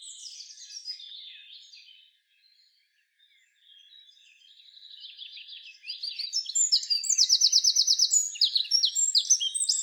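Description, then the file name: Eurasian wren song: soft, scratchy high notes, a pause, then a loud, rapid cascade of sharp trills and twitters building over the final four seconds. "Troglodytes troglodytes"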